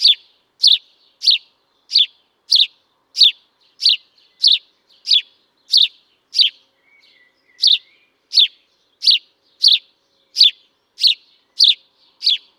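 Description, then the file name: House sparrow calling with rapid, evenly spaced chirps, about nineteen over twelve seconds, briefly interrupted by a faint low note midway. "Passer domesticus"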